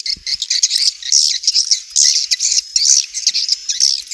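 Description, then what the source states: Swiftlet calls: bright, high chirps and short twitters in quick, uneven pulses. Asia; sound used in swiftlet farming to attract birds.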